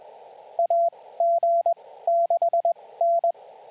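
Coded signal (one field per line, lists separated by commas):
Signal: Morse code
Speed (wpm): 21 wpm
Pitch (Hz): 680 Hz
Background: radio noise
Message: AG6N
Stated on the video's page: Morse callsign practice for SOTA chasers, sent on J.M. March S-3A magnetic paddles, each callsign followed by a phonetic announcement.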